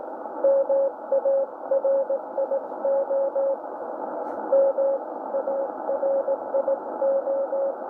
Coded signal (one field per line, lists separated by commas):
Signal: Morse code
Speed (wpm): 17 wpm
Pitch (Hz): 550 Hz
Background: none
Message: MARIO MARIO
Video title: IK1LBL & OZ4JU 60mtrs CW , 5300khz - 6200khz AM/USB